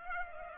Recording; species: mosquito wingbeat signal from an infrared sensor; Culex pipiens